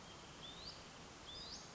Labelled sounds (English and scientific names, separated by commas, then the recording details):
Western Flycatcher (Empidonax difficilis)
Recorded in Sonoma County, California